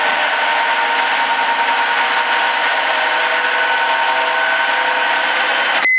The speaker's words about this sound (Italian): Oh, si sente la lavatrice.